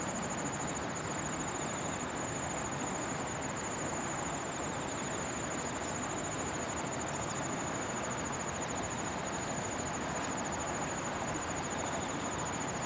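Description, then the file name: Kawarasuzu cricket singing a long, steady, very high trill without breaks, accompanied by constant hissing background noise. Recorded 28 September 2015, 17:34. "150928-173405 kawarasuzu"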